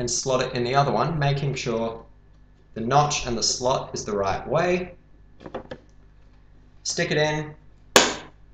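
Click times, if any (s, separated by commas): 8.0 s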